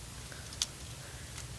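A plastic part on a Transformers Dark of the Moon Shockwave toy figure is lifted and pushed in until it clips down into the figure's body. A single short, bright click is heard at 0.6 s over a steady low background hum. The click shows the part is seated correctly.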